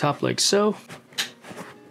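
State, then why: Seated. A new plastic landing gear that also covers the antenna on a DJI FPV drone is pushed onto the drone arm while someone talks. A short click at 1.1 s marks the cover snapping into place, seated on the arm.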